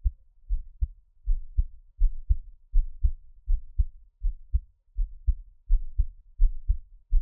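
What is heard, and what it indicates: A normal adult heartbeat, close-miked: the creator's own heart sounds, regular low thumping beats at about 82 per minute, with no talking.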